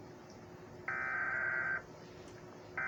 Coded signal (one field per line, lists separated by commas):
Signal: Emergency Alert System (SAME) tones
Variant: header bursts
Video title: the infection Thanksgiving 2016 eas scenario movie night reaction🍿🥧